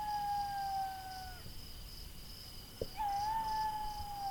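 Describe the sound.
Jackal howling: a long, steady wail that slowly falls in pitch, breaks off, then a second drawn-out wail starts after a short click.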